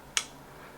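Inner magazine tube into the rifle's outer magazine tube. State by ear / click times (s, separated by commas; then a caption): seated / 0.2 s. The inner magazine tube of a Henry Youth .22 LR lever-action rifle, dropped into the outer magazine tube with its nub aligned to the slot, is rotated until it locks. A single sharp, bright click sounds at 0.2 s against a quiet background and decays quickly. The tube is confirmed locked in place and will not come out.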